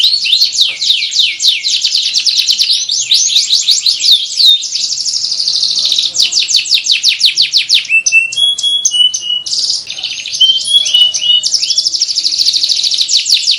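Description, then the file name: Canary song of rapid high trills and rolling tours, broken midway by slower whistled notes and chips before fast trilling resumes. Canary training song with one-minute pauses. "kenari-gambate-jeda-1-menit"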